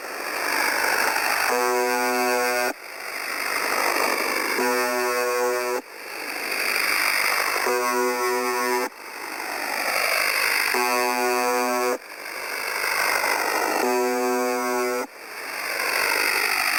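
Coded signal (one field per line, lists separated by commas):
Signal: channel marker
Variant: UVB-76 (The Buzzer)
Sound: five harsh low buzzes, each about one second, repeating every three seconds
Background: radio static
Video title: 4625.00 Khz - UVB 76 - MDZhb - Strange Sound - Sonido Extraño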